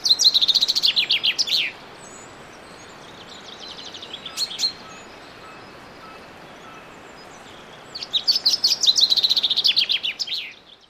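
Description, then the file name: Common chaffinch singing two rattling, descending trilled phrases with a terminal flourish, separated by a pause with a few faint notes, against constant hiss. "Fringilla coelebs"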